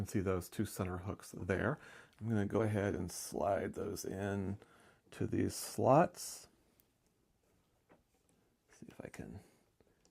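Someone talks while sliding the two center hooks of a tablet folio cover into the slots on the back of the tablet, lining the cover up. Faint handling ticks follow near 6.8, 8.7 and 10.0 seconds, but the cover has not seated or clicked into place yet.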